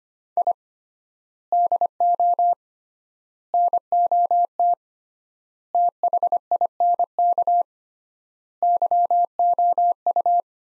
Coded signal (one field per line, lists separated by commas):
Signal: Morse code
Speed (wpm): 25 wpm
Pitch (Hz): 700 Hz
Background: none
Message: I DO NOT THINK YOU